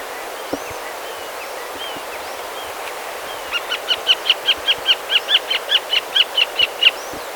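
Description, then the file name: Western marsh harrier giving a long, rapid run of high, clipped yelping notes, about sixteen in a row, with a few faint thin calls before it. "barna retiheja hangja"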